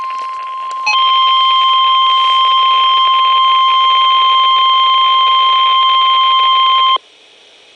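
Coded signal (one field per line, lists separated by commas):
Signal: Emergency Alert System (SAME) tones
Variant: 1050 Hz attention tone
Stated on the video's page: Real flash flood watch SAME tones issued by the National Weather Service.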